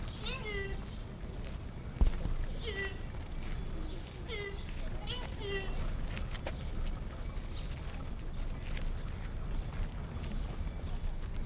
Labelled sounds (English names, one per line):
Fallow Deer call